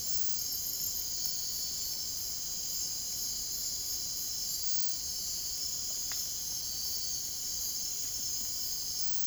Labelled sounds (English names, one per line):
none